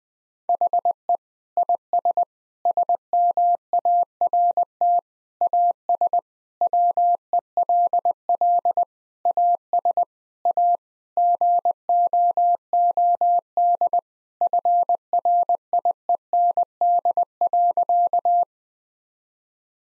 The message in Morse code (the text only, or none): HE IS SMART AS WELL AS A GOOD FRIEND.